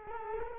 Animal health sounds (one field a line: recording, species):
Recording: mosquito wingbeat signal from an infrared sensor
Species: Culex quinquefasciatus